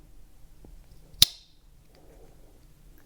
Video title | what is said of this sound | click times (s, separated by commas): SUPER RARE! GEC 73 Scout knife. | you guys want to hear the snap i'll put it close to my microphone | 1.2 s